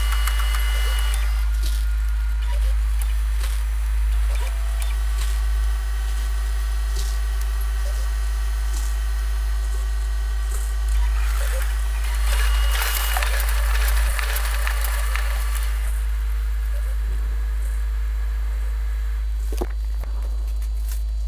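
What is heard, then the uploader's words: A machine whirrs and fizzes over a heavy, constant low rumble. Steady tones hold across the middle and upper range while bursts of bright scratchy fizz flare up, strongest around twelve to fourteen seconds. A sharp click lands near nineteen seconds. Scribble whip and whirr - machinic fizz and rumble. Photocopiers, mainly.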